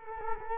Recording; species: mosquito wingbeat signal from an infrared sensor; Culex quinquefasciatus